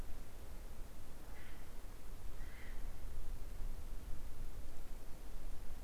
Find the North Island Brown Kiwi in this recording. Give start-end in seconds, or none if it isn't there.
none